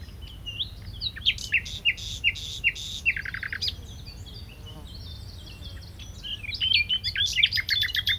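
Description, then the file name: Common nightingale song of loud, varied clicking and chattering notes in quick groups, a pause, then further rich twittering phrases. "Luscinia megarhynchos"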